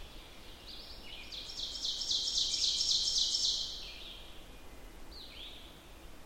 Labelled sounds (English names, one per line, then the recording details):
Ovenbird song
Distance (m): 35 m
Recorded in boreal forest in Alberta, Canada, on 14 June 2016 at 06:36
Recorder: SongMeter 3, array SBT-3-33
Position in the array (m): 127 m, 36 m
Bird 21